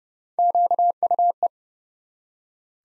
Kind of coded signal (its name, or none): Morse code